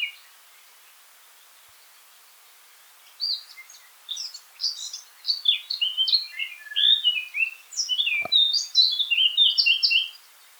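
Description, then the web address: Eurasian blackcap song: quiet at first, then a lively, fast warble of varied high notes that continues steadily to the end, with one brief click. "pub SETE data Sylvia atricapilla"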